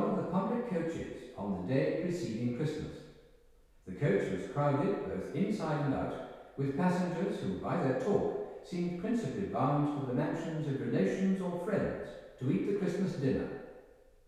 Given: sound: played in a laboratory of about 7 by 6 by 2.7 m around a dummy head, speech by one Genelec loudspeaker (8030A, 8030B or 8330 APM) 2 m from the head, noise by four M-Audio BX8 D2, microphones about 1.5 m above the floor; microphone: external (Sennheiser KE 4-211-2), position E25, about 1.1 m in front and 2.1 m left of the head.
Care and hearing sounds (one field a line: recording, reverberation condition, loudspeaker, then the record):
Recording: male speech in English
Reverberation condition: high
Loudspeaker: 120 degrees to the left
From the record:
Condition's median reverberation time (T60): about 1300 ms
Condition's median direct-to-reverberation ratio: about -4.0 dB